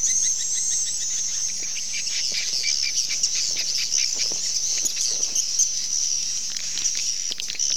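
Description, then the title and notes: Swiftlets: a continuous wash of high, thin chirps and twitters from many birds, with a few brief clicks mixed in. Associated with swiftlet farming in Asia. "Swiflet Bird Sound. Farming Swiflet Bird asia sound"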